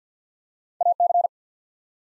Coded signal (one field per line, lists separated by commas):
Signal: Morse code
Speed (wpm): 50 wpm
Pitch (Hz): 700 Hz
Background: none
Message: A C